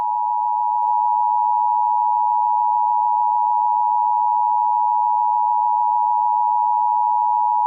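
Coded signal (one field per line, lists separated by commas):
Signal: Emergency Alert System (SAME) tones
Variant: 853 and 960 Hz attention tone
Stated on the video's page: Fictional volcanic eruption EAS scenario.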